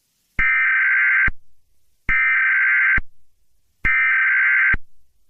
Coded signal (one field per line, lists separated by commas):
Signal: Emergency Alert System (SAME) tones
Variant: header bursts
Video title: Angry EAS (my version)